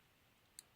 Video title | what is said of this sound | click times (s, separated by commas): "The Shining One" | Push it in, you get a little click, it's locked in place. | 0.6 s